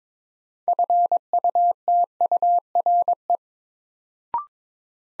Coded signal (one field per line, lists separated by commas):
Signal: Morse code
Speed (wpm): 22 wpm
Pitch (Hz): 700 Hz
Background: none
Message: FUTURE